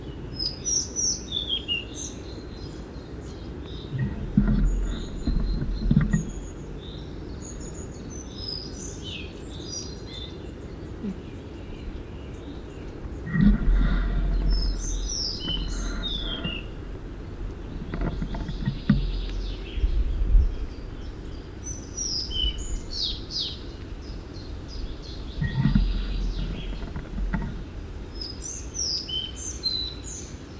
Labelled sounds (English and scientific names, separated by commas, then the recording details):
Collared Flycatcher (Ficedula albicollis) song
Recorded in the wild
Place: Sinaia, Transilvania, RO
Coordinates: 45.331, 25.562
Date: 1976-05-28
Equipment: Nagra III BH, Sennheiser MD 21, parabola
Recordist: Schubert, Michael
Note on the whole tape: Gesang Halsbandschnäpper